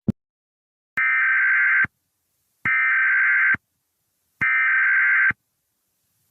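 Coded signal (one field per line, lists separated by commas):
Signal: Emergency Alert System (SAME) tones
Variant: header bursts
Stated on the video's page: Fictional EAS scenario.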